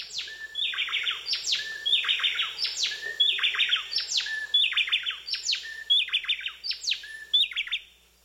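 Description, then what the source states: Bay Wrens duetting: loud phrases of high downward sweeps and rapid trills, repeated several times. Tropical species in which male and female songs blend into a complex duet; females help defend territories held year-round.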